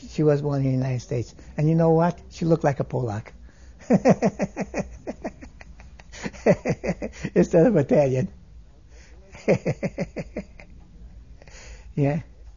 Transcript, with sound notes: But she was born in the United States. And you know what? She looked like a Pollack. ( he laughs ) Instead of Italian. ( he laughs ) Yeah,